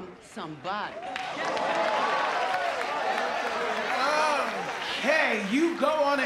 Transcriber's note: cheering, applause